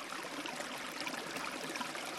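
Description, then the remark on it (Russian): A steady, unbroken hiss of rushing water with a bright, airy texture and no clear pauses or voices, holding an even, moderate loudness throughout. “Шум воды сделался ближе, и он уже не был похож на журчание ручья.”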